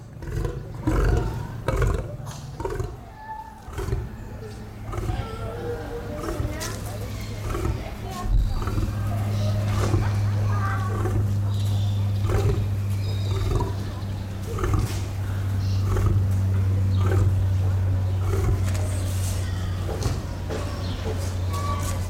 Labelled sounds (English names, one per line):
Lion call